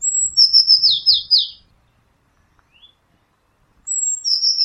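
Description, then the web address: Eurasian blue tit call, a high piping note opening into a quick falling buzz of four notes, then after a pause the next call begins. "cianscape birddata Deverinetal 2025 File origin Bird Only Cy Ca"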